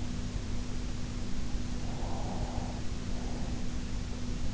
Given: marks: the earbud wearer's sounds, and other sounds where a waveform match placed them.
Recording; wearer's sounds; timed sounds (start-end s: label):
sounds in sleep by an in-ear microphone; breath
1.85-3.76 s: breath